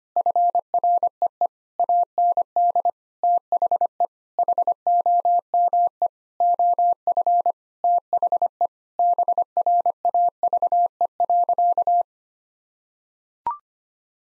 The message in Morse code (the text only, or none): FREE AND THE HOME OF THE BRAVE.